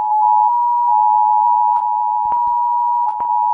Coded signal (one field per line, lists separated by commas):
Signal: Emergency Alert System (SAME) tones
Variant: 853 and 960 Hz attention tone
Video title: eas alarm part 8